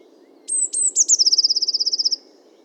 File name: Cyanistes caeruleus 311018